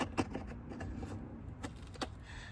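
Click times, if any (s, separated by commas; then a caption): none. A second plastic fuel line quick connector is pressed onto the low-pressure fuel pump flange during a gasket replacement on a B7 Audi A4 with the EA113 2.0 TFSI engine. Only faint handling scrapes and a few brief light taps are heard over a low background hum. The connector does not snap into place, and nothing has latched or clicked yet.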